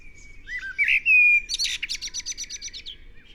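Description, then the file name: Eurasian blackbird: a smooth, drawn-out whistled note, then a quick, regular series of about ten high, buzzy twittering notes. "Turdus merula"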